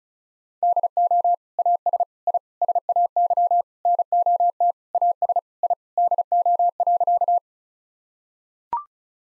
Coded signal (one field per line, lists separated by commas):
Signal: Morse code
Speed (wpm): 36 wpm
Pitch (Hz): 700 Hz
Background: none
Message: DO AS I SAY NOT AS I DO.